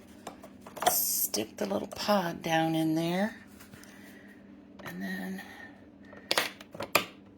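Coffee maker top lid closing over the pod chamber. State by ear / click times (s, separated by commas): seated / 7.0 s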